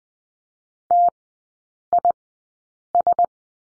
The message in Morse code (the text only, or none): TIS